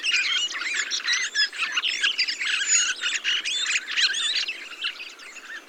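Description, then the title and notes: Thrushes chattering together, a busy tangle of thin squeaks, short whistles and rattling notes running on without a break. Large mixed flock of mistle thrushes, song thrushes, redwings, fieldfares and some blackbirds feeding on abundant berries, singing; blue sky; Montagne du Puy, Drôme; 22 November 2020; Nagra Seven, Telinga Pro7 parabola. "POT-POURRI DE GRIVES. 22 novembre 2020-Montagne du Puy - Drôme. Grives draine, musicienne, mauvis et litorne plus quelques merles"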